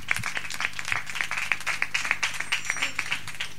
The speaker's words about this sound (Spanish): Olé, un aplauso, olé.